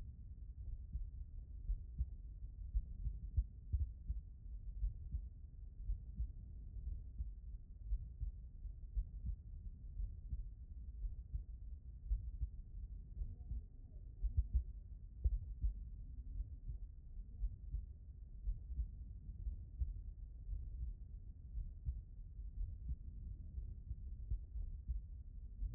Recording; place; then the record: heart sounds by stethoscope; aortic valve (AV)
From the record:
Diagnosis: non-HFrEF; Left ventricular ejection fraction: 58%